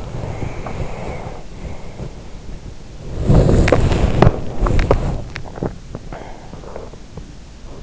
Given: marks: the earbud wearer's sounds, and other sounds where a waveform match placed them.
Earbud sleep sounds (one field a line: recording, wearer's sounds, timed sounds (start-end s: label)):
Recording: sounds in sleep by an in-ear microphone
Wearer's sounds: body movement, swallowing, breath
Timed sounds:
0.00-2.99 s: body movement
3.15-5.26 s: body movement
5.48-6.10 s: swallowing
6.10-7.03 s: breath